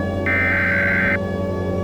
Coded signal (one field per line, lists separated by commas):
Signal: Emergency Alert System (SAME) tones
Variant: header bursts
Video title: EAS Scenario #15 - Eclipse